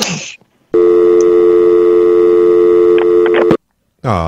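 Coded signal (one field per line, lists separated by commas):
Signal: telephone call progress tone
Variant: North America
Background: speech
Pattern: dial tone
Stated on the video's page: Tones heard on live prank calls to swap shop numbers.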